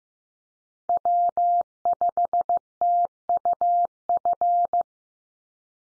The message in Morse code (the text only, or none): W5TUF